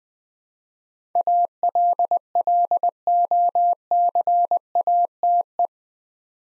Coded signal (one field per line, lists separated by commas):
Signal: Morse code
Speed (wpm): 20 wpm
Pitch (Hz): 700 Hz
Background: none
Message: ALLOCATE